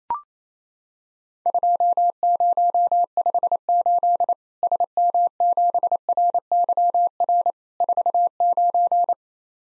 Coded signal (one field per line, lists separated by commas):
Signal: Morse code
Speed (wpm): 27 wpm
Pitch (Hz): 700 Hz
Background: none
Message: 2058 SM7RYR 49